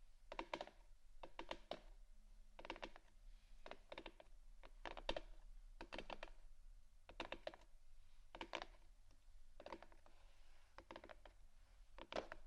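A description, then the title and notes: Short scratching taps on assorted objects come in quick clusters of two to four strikes, grouped roughly every second across the twelve seconds. Each tap is crisp and bright, resembling keyboard clicks, over a faint low steady hum. ASMR Scratchtap On Various Items （No Talking）.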